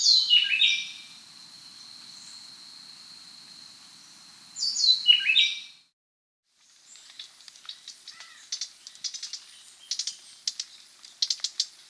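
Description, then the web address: Gray-breasted wood-wren giving two short whistled song bursts with a steady high tone between, then a pause followed by scattered insect-like clicks and buzzes. South America. "Natures Songs S America Gray-Breasted Wood-Wren"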